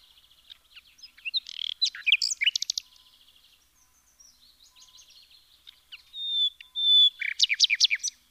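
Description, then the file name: Common nightingale song with clicking trills and harsh flourishes, soft chattering in between, then two long pure whistles leading into a loud rapid rattle. "Luscinia megarhynchos"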